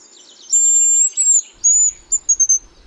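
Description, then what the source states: Hazel Grouse high whistling song: a long thin sustained note, a shorter note, another long whistle, then a few quick high notes. Small grouse, not a songbird, about the size of a jackdaw; recorded in autumn in dense conifer forest in the Harz; lives very secretively.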